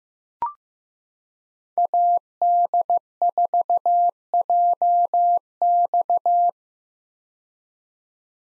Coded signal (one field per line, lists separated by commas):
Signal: Morse code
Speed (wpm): 15 wpm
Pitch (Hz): 700 Hz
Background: none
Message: AD4JX